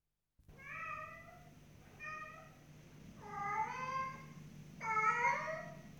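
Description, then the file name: Cat meowing: four drawn-out, nasal meows, some rising then falling, arriving at uneven intervals over a low steady hum. "gatti cats"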